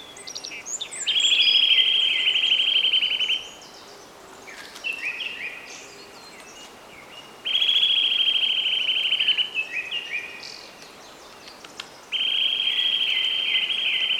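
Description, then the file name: Eurasian nuthatch with rapid, flat trills of high notes, each about two seconds long, given three times, separated by scattered chirps. "Sitta europaea"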